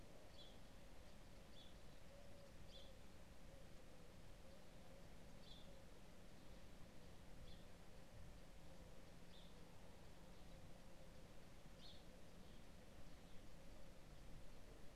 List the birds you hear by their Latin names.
Passer domesticus, Columba palumbus